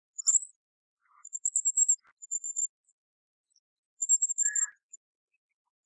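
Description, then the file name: Philippine hanging parrot calls: thin, very high squeaky notes in quick buzzy bursts, with a few lower chirps and one short lower warble near the end. "colasisi"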